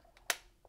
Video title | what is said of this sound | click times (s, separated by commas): How to Use a Olympus XA2 35mm Film Camera | Once the film is loaded, close the back of the camera until you hear it click. | 0.3 s